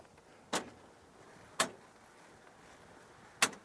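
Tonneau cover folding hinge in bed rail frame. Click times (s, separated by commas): 1.6 s, 3.4 s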